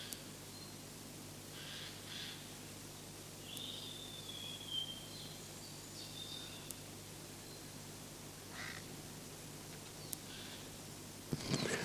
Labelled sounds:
European Robin (Erithacus rubecula) song
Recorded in the wild
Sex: male
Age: adult
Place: Hermsdorfer Forsten, Berlin, DE
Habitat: high forest
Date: 2006-04-15 12:40
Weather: sunny, 9°C
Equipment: Grundig CR 110, Sennheiser ME 80, Kopie Uher 4000 Report Monitor
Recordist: Tembrock, Günter

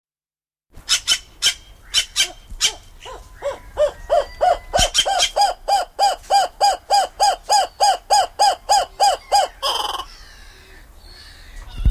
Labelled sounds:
Laughing Kookaburra (Dacelo novaeguineae) call, White-tailed Jay (Cyanocorax mystacalis)
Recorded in captivity
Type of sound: call sequence
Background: Cyanocorax mystacalis
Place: Timmendorfer Strand, Holsteinische Schweiz, Schleswig-Holstein, DE
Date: 1992-09-21 16:33
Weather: sonnig, 22°C
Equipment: Marantz CP 430, Sennheiser ME 80, Kopie Tesla B 116
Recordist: Tembrock, Günter
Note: Vogelpark Niendorf; Rufreihe mit Fisch im Schnabel (anderes anderes Exemplar als in V 1868/9 schon aufgenommen)

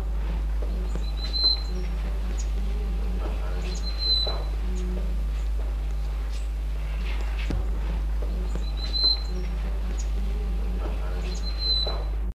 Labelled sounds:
Red-cheeked Wattle-eye (Platysteira blissetti) call
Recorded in captivity
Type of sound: call
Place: Zoo Frankfurt, Rheinland-Pfalz, DE
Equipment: Halbspur, 9,5 cm/s
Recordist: Lütgens, Hans
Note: Rufe

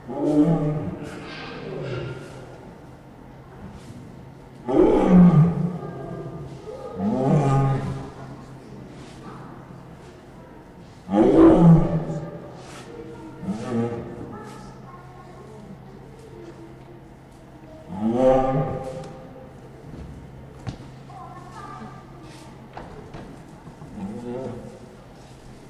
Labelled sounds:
Lion (Panthera leo)
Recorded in captivity
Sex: female
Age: adult
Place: Zoo Leipzig, Sachsen, DE
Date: 1959-09-18 14:30
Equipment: Reporter (Vollspur)
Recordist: TSA
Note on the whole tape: Mutter von 2 Jungen getrennt: Rufe und Grollen. Abstand: 2-3 m. Aufnahmezeit: 14.30-15.15 Uhr

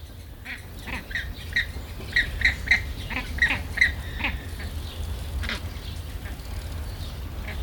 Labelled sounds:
James's Flamingo (Phoenicoparrus jamesi)
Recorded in captivity
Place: Zoo Berlin, Berlin, DE
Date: 1995-07-22 19:32
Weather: heiter, 20-22°C
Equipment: Sony WM-D6C, Sennheiser ME 80, Kopie Uher 4000 Report Monitor
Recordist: Tembrock, Günter
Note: Kurzlaute eines ausweichenden Tieres

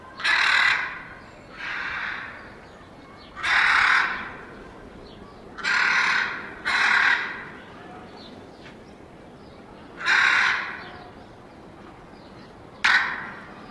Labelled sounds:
Hyacinth Macaw (Anodorhynchus hyacinthinus) call
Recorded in captivity
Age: adult
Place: Zoo Leipzig, Sachsen, DE
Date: 1988-04-28 11:45
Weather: overcast, 12°C
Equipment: Nagra SN, Kopie Tesla B 116
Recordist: Tembrock, Günter

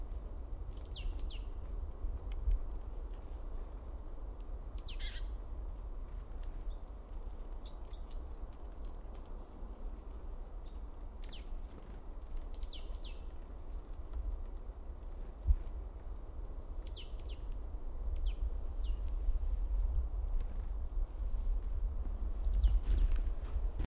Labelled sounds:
Great Tit (Parus major)
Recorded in the wild
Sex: male
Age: adult
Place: Schönow, Naturpark Barnim, Brandenburg, DE
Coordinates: 52.6897, 13.5381
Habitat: forest
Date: 2005-02-20 13:45
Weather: overcast, 0°C, weak winds
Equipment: Tascam DA-P1, Sennheiser MKH 70 mit Windschutz, ohne Windkorb
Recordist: Frommolt, Karl-Heinz
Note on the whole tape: Waldgebiet zwischen Schönow und Waldfrieden: Gesang. Tier gesehen

